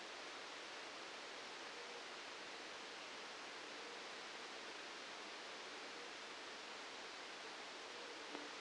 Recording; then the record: brain microelectrode recording played as sound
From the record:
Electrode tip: outside the subthalamic nucleus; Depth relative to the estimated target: -6 mm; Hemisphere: left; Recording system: NeuroSet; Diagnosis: Parkinson's disease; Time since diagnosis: 9 years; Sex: male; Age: 56 years